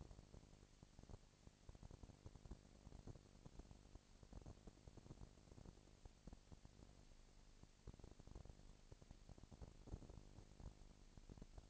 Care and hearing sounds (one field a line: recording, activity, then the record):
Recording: daily activity, microphone in the room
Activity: no activity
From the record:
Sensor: 5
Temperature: 20.1 degrees Celsius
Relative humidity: 38.3%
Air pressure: 998.9 hPa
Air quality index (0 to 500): 218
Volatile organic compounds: 24 ppm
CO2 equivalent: 2807 ppm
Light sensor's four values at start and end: 2/3/1/1 and 2/3/1/1